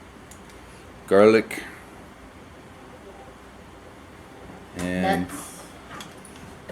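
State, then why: Partly seated. Someone talks while preparing pesto as the lid on a blender jar is pushed closed, giving a single soft tick at 6.3 s. The lid ends up closed but not properly latched, so it is only partly home.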